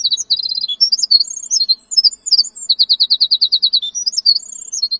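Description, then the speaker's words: Winter wren song: a long, rapid, high tumbling cascade of tinkling notes and fast trills, bubbling on almost without pause for about five seconds. Songbird of the Sitka soundscape, a little bird about the size of a golf ball, called the monster of song. "But the monster of song is this little guy, about the size of a golf ball. That's the winter wren."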